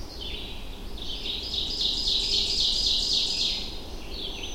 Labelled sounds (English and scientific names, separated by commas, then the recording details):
Ovenbird (Seiurus aurocapilla) song
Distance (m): 25 m
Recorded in boreal forest in Alberta, Canada, on 25 June 2016 at 07:14
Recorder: SongMeter 3, array SBT-6-76
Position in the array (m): 15 m, 116 m
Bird 2